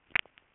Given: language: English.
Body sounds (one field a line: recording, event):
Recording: throat vibration sensor signal played as sound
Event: swallow